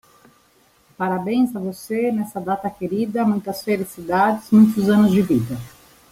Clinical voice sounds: short text; Brazilian Portuguese; female; 40 to 49 years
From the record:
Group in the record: control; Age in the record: 48 years

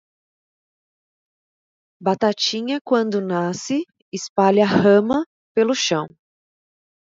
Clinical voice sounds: short text; Brazilian Portuguese; female; 30 to 39 years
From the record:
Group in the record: control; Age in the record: 37 years

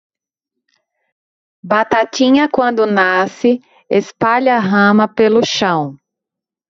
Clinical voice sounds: short text; Brazilian Portuguese; female; 30 to 39 years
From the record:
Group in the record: control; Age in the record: 33 years

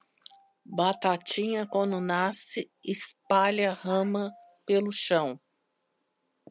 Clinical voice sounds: short text; Brazilian Portuguese; female; 50 to 59 years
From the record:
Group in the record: control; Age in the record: 51 years

